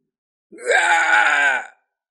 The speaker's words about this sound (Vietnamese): Một tiếng hét thảm, người này cũng gãy xương đứt gân, kết quả hầu tử đánh xuống một gậy, đập nát cho nửa người.